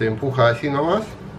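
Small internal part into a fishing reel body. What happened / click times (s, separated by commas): Small part pushed by hand, not yet seated / none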